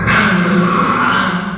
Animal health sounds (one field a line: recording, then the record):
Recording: squeal of a Yucatan mini pig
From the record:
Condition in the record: after surgery on the right vocal fold (resection and tissue-engineered implant)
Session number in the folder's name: 15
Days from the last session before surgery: 175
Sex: female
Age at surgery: 19 weeks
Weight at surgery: 25 kg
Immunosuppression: prednisolone